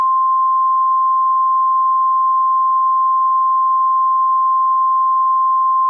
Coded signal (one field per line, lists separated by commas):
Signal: Emergency Alert System (SAME) tones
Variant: 853 and 960 Hz attention tone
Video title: Emergency Alert System Tornado Warning Louisville Kentucky (MOCK)